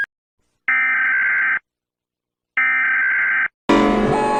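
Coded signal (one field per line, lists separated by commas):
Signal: Emergency Alert System (SAME) tones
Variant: header bursts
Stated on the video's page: Fictional EAS alarm scenario.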